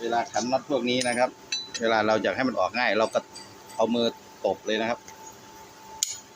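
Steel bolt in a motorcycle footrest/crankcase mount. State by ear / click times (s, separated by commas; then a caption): released / 6.0 s. Someone talks while a wrench on a steel bolt in the footrest/crankcase mount of a Wave 110i motorcycle is slapped by hand to remove it. A sharp crack sounds at 6.0 s as the bolt breaks free and releases.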